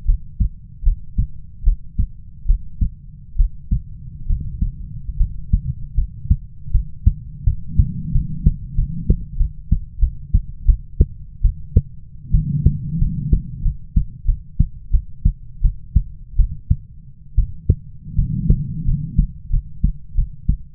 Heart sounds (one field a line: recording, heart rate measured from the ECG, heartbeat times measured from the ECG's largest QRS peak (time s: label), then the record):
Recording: heart sounds by stethoscope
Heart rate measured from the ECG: 81 bpm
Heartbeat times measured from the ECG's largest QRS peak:
0.05 s: heartbeat
0.83 s: heartbeat
1.64 s: heartbeat
2.46 s: heartbeat
3.36 s: heartbeat
4.27 s: heartbeat
5.17 s: heartbeat
5.95 s: heartbeat
6.71 s: heartbeat
7.44 s: heartbeat
8.12 s: heartbeat
8.75 s: heartbeat
9.37 s: heartbeat
10.00 s: heartbeat
10.66 s: heartbeat
11.42 s: heartbeat
12.32 s: heartbeat
12.99 s: heartbeat
13.63 s: heartbeat
14.26 s: heartbeat
14.91 s: heartbeat
15.62 s: heartbeat
16.37 s: heartbeat
17.36 s: heartbeat
18.16 s: heartbeat
18.85 s: heartbeat
19.51 s: heartbeat
20.15 s: heartbeat
From the record:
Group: healthy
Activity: breath hold 0-3 s, rest 3-21 s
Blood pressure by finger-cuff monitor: 105/70 mmHg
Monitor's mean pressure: 85 mmHg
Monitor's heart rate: 77 bpm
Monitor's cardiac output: 7 L/min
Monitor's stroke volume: 88 mL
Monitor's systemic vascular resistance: 890 dyn s/cm5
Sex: female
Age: 22 years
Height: 157 cm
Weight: 47.6 kg